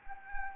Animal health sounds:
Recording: mosquito wingbeat signal from an infrared sensor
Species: Anopheles gambiae

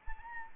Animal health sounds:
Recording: mosquito wingbeat signal from an infrared sensor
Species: Anopheles arabiensis

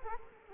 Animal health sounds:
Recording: mosquito wingbeat signal from an infrared sensor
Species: Culex quinquefasciatus

